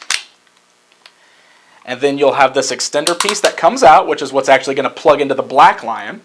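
The folding front leg of a plastic Mattel Voltron Classics Red Lion figure is folded up and locks into its body with a sharp click at 0.1 s, seating in place the same way the rear legs did. A few faint taps follow in near silence before someone talks from about 1.9 s to the end.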